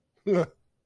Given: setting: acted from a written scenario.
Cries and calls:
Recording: vocal sound without words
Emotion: contempt

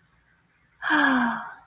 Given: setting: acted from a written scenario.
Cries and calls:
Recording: vocal sound without words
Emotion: serenity

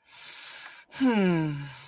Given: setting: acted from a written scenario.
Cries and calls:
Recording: vocal sound without words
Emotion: contentment

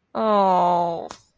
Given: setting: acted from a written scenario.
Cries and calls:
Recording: vocal sound without words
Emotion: disappointment

